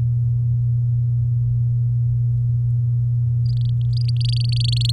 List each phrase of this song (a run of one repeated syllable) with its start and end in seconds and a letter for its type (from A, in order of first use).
3.46-4.91 A